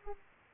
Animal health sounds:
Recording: mosquito wingbeat signal from an infrared sensor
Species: Aedes aegypti

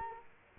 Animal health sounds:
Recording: mosquito wingbeat signal from an infrared sensor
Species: Culex quinquefasciatus

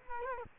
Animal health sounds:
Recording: mosquito wingbeat signal from an infrared sensor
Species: Culex quinquefasciatus

